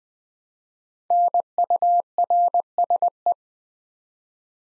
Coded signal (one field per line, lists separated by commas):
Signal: Morse code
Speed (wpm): 20 wpm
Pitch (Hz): 700 Hz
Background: none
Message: NURSE